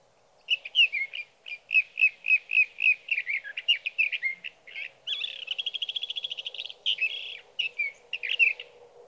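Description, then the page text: Sage thrasher song opening with a string of repeated chirps, then a fast buzzy trill and more warbled phrases, over a low steady hum. Singing male at his night roost through three nights, evening June 12 to morning June 15, 2018, Sierra Valley, California; night songs recorded with a Swift recorder. "61. Sage thrasher songs, through the night. from the evening of June 12 to the morning of June 15, 2018, in Sierra Valley, California"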